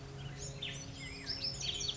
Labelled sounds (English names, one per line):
Black-headed Grosbeak